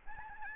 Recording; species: mosquito wingbeat signal from an infrared sensor; Aedes albopictus